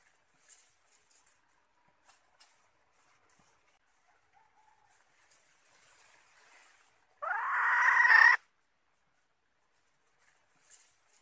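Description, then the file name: Red junglefowl hen giving one long, rising harsh call over faint scattered background sounds. Female red junglefowl (hen) calling to find a mate. "tieng ga rung mai keu tim kiem ban tinh"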